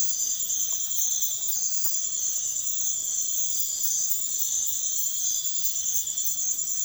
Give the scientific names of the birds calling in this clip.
none